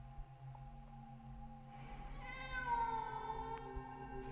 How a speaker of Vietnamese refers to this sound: Bỗng có tiếng con mèo kêu phát ra ở phía bên trái. Tôi vô thức dừng lại, lần theo âm thanh ấy mà đi đến chỗ cây hòe cổ thụ lúc sáng.